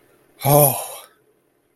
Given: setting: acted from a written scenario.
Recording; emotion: vocal sound without words; relief